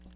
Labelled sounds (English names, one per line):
Hooded Warbler flight call